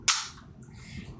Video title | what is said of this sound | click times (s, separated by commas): My Thoughts on the Kicking Mustang KMCS Hide HOLSTER | which In fairness you can just do at the palm of your hand and it just clicks into place | 0.1 s